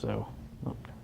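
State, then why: Seated. A tiny replacement ball bearing is pressed into the nose cone body of a wind monitor until it snaps into place, while someone talks. Two short snaps are heard at 0.7 s and 0.9 s. The bearing is seated.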